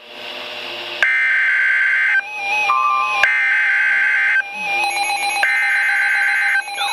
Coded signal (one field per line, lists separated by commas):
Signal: Emergency Alert System (SAME) tones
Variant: header bursts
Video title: Special Marine Warning - 10/03/13 (EAS #563)